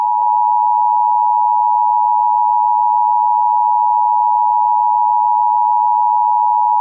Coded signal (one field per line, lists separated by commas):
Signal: Emergency Alert System (SAME) tones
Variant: 853 and 960 Hz attention tone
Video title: EAS Mock: Release Day